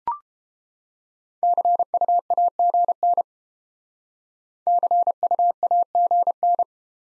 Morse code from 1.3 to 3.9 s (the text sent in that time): CUAGN